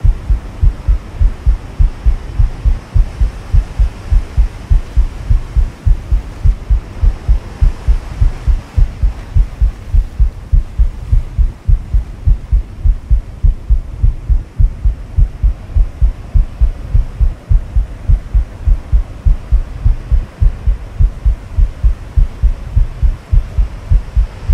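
Steady, deep thumping heartbeat at about 102 beats per minute, evenly spaced, over a soft low whooshing hum, as heard from inside the womb. A relaxing womb sound used to soothe babies to sleep.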